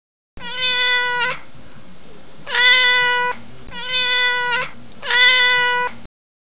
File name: cat